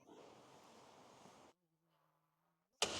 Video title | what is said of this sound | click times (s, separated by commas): Norantz EKI & IPAR 🚐All options: 4x4 Camper Manufacturer 🚐 Off-road four-wheel drive MAN or Mercedes | It locks into place at the bottom. | 2.8 s